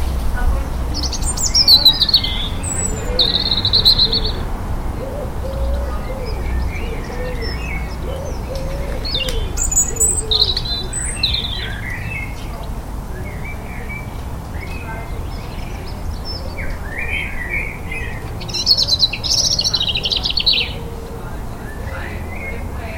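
Birds chirp and sing in a Liverpool garden over a steady low rumble that runs throughout. Bright trills and short tweets come every few seconds, with a high buzzy burst near 1–2 seconds and another around 18–20 seconds, plus softer chirps in between.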